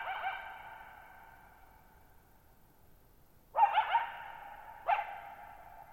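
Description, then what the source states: Coyote barking: a fading echo, a silent pause, then a stuttering triple bark and another single bark, both ringing with long echoes. Lone wild coyote at night, July 14, 2019, Thirtymile Meadows, Okanogan National Forest, Pacific Northwest, 1950 m; open shallow-bowl meadow with boggy ground, very quiet, long reverberation.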